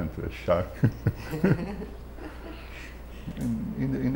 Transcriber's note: laughs